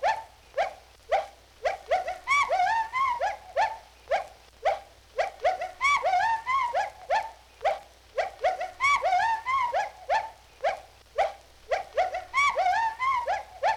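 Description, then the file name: Gibbon hoots in bursts, quick upward-swooping notes alternating with stretches of long, warbling, rising-and-falling whoops, the sequence repeating several times. "G 12-23-Gibbons Hooting"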